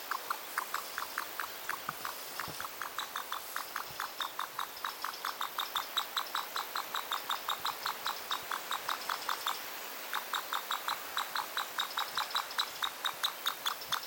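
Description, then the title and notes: Reeves's pheasant giving a long, fast train of short, ringing notes, pausing briefly after about ten seconds before resuming, with faint background hiss. Male birds; extraterrestrial-sounding calls. "REEVES PHEASANT CALLS. the extraterrestrial sounding calls of the Wonderfully beautiful male Reeve's Pheasants"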